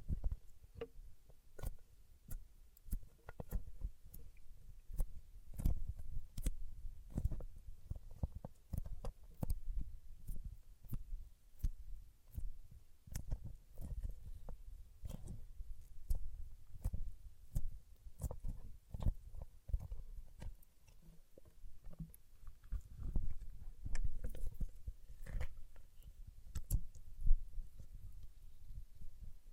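Paraffin wax is tapped, scratched and peeled in a steady run of small, dry clicks and soft knocks, several each second, with thuddy low bottoms and sharp bright tips. Short scraping stretches appear around the middle and near twenty-four seconds.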